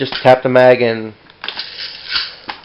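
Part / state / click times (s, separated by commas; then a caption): airsoft rifle magazine into magazine well / seated / 1.4 s. Someone talks, then taps the plastic/metal magazine of a Double Eagle M305 airsoft rifle up into its magazine well to seat it after it has dropped slightly. A sharp click is heard at 1.4 s, followed by brief handling rattles and another tap near 2.5 s. The magazine is seated.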